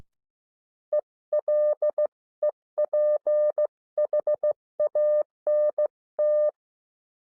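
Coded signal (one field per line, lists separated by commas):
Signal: Morse code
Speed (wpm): 15 wpm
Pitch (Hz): 600 Hz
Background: none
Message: ELEPHANT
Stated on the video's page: Recorded instructor training.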